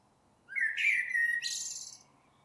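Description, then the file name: Common blackbird with a single short phrase, a smooth low warbled note sliding into a burst of high, hissing twitter. "Turdus merula"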